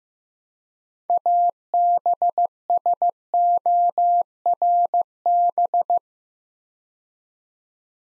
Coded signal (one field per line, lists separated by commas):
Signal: Morse code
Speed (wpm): 15 wpm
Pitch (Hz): 700 Hz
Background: none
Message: ABSORB